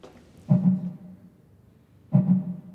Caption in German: Das ist der Herzschlag einer Miesmuschel. Ulrike Schmitz, die Künstlerin dahinter, widmet sich dem Thema, wie nichtmenschliche Organismen miteinander kommunizieren. Dass der Herzschlag einer Muschel plötzlich hörbar wird, verändert auch den Blick auf das Tier selbst.